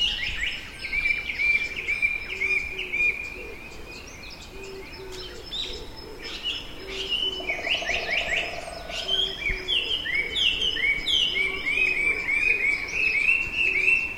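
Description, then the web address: Hwamei song: varied whistled phrases and rapid slurred notes throughout, with a steady series of low, short repeated notes. Hwamei mimicking aburazemi (large brown cicada); recording band-pass filtered. "abarazemi Hwamei"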